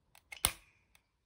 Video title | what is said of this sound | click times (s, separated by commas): Nintendo Switch - JOY-CON RICHTIG anbringen - Nintendo Basics Nintendo Switch JoyCon einstellen! | also man hört es klick | 0.5 s